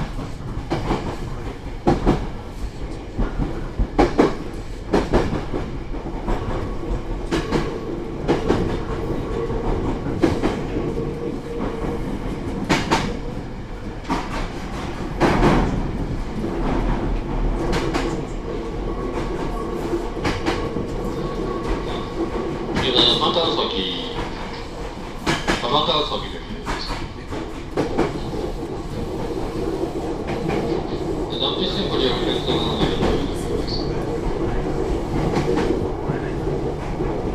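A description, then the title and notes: A commuter train rolls along with a dense, steady low rumble and hum heard from on board. Rail joints clatter in sharp clicks scattered through, and brief high squeals of wheels or brakes rise around the middle and again near the end. Tsurumi Line 205 Type, Asano to Ohgimachi. This is the Tsurumi Line of JR East, which runs in the Keihin industrial area of Tokyo. 平日の日中に乗車したのでほぼ貸し切り状態でした. ZOOM H2.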